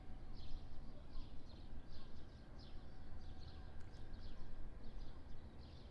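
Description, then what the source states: Birds chattering in repeated high chirping bursts through the whole stretch, over a dense low rumble of background noise. Morning at a riverside in Porto.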